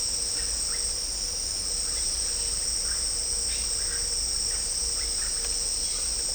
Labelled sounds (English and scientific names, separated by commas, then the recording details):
none
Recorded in dense forest near Puerto Asís, Putumayo, Colombia, on 20 December 2024 at 15:00
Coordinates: 0.499, -76.324
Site G045